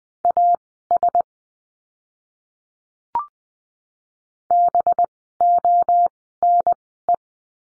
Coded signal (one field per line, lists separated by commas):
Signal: Morse code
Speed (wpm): 20 wpm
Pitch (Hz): 700 Hz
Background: none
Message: AS BONE